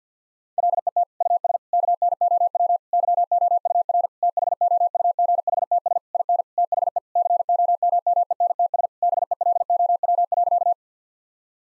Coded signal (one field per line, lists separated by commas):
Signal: Morse code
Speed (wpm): 50 wpm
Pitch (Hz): 700 Hz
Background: none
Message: LET US KNOW YOUR THOUGHTS IN THE COMMENTS BELOW.